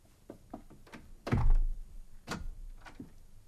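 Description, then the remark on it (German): A door swings shut with one heavy, low thunk, preceded by a few light clicks and rattles and followed by a couple of softer knocks as it settles, with no one speaking. “Und schließen Sie die Tür, bitte.”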